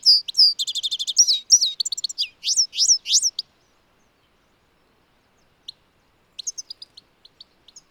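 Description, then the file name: European goldfinch calls: a quick burst of high, tinkling, liquid twitters and rolling notes for about three seconds, then scattered soft chirps after a pause. "Carduelis carduelis"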